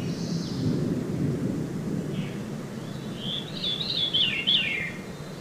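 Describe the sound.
Veery singing a swirling, descending fluty phrase in the second half, over low rumbling noise throughout.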